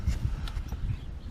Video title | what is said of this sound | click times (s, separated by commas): 2013 Mercedes Sprinter Serpentine Belt Tensioner | you can feel it kind of click in. | 0.5 s